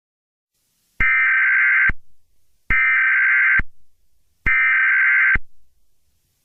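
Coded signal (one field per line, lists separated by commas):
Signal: Emergency Alert System (SAME) tones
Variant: header bursts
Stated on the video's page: Fictional EAS scenario, not a real alert.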